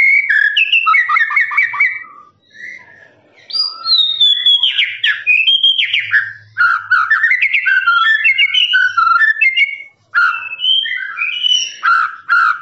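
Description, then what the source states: Lovebird chattering song, dense squeaky chirps and rising notes tumbling in long runs with a couple of short breaks. Long "ngekek" trilling song used as master recording for training birds.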